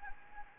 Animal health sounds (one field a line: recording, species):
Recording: mosquito wingbeat signal from an infrared sensor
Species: Anopheles gambiae